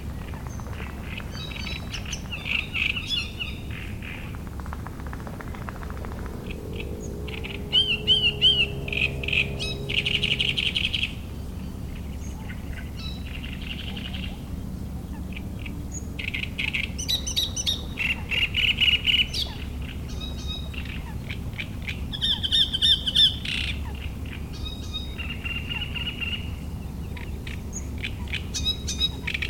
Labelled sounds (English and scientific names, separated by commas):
Great Reed Warbler (Acrocephalus arundinaceus)